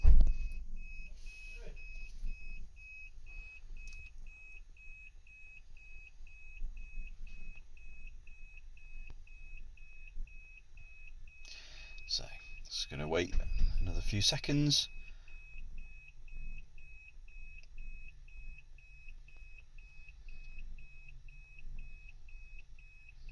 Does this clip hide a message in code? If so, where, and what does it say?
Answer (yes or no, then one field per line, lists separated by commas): no